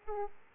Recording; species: mosquito wingbeat signal from an infrared sensor; Aedes aegypti